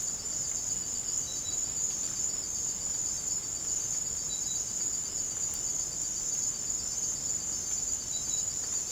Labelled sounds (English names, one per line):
none